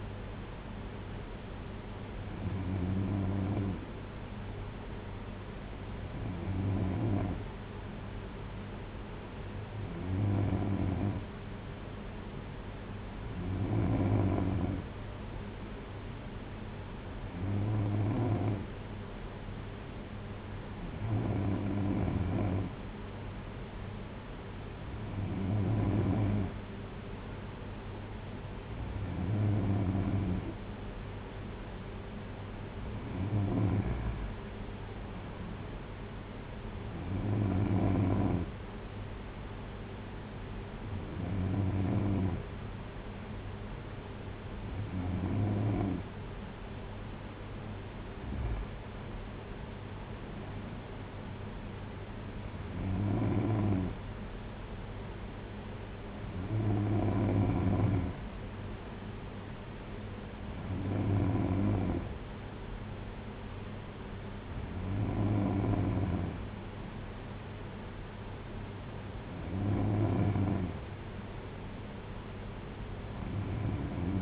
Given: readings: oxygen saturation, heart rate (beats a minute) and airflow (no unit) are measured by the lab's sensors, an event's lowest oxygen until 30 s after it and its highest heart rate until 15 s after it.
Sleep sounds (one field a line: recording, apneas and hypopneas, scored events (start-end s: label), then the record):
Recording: breathing in sleep by a voice recorder at the bedside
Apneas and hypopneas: none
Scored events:
33.00-74.21 s: new sleep stage, N3 (deep sleep)
From the record:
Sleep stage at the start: N2 (light sleep)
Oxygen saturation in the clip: 93 to 94%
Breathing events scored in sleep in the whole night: 226 in 8.8 hours asleep